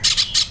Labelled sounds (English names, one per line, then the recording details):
Brown-throated Parakeet contact call
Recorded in Venezuela
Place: Cerro Saroche, Hato Dalmatela, Edo. Lara
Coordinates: 10.149, -69.534